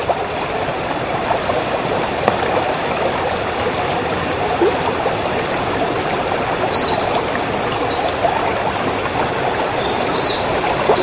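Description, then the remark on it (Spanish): The Fucha river flows in a steady, unbroken rush, a full, even hiss that never changes in loudness, with a few brief high chirps breaking through near the end. “Y ahí va parlando Fucha.”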